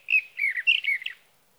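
Sage thrasher giving a short burst of warbled, slurred notes lasting just over a second, then quiet.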